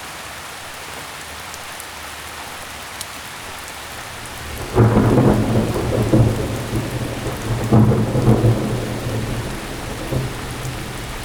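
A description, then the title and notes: A thunderstorm with steady rain hissing throughout. For the first four and a half seconds the rain is even and fairly quiet, then a loud, deep roll of thunder breaks in, swells again near eight seconds, and rumbles off slowly toward the end. Thunderstorm in the Fall.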